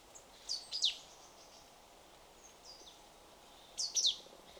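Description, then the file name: Marsh tit calling in two short bursts of quick, high, sharp notes, the second burst about three seconds after the first, over a faint steady hiss. "Poecile palustris"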